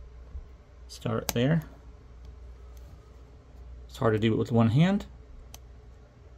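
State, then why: Seated. A black antenna cable's tiny coaxial snap connector is started at its edge on a laptop WiFi card socket and pressed down, while someone talks in two bursts. A sharp click at 5.5 s marks the connector seating into place.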